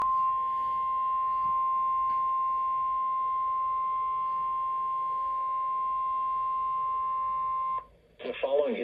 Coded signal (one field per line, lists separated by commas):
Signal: Emergency Alert System (SAME) tones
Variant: 1050 Hz attention tone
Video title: DOUBLE HEADER! Severe Thunderstorm Warning+Special Marnine Warning EAS#78-79